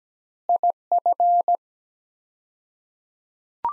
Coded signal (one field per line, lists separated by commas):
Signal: Morse code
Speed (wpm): 17 wpm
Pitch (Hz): 700 Hz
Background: none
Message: IF